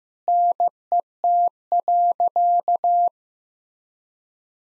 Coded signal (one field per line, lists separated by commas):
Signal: Morse code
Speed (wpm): 16 wpm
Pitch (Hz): 700 Hz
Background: none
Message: NET.